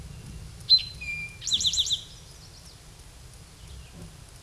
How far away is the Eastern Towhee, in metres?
about 5 m